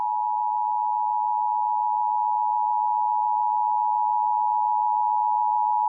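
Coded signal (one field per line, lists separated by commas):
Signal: Emergency Alert System (SAME) tones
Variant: 853 and 960 Hz attention tone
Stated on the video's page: Severe thunderstorm warning alerts recorded off the air from NOAA weather radio, AM, FM and TV stations around Fort Worth, TX.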